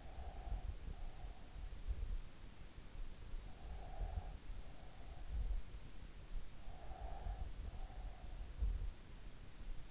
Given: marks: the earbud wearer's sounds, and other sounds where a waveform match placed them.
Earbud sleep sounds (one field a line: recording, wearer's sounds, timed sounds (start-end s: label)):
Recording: sounds in sleep by an in-ear microphone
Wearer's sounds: breath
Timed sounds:
0.00-1.79 s: breath
3.43-4.90 s: breath
6.63-8.50 s: breath